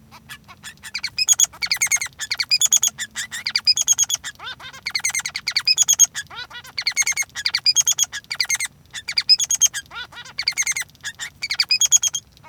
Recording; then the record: song of a male Bengalese finch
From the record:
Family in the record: son of father 3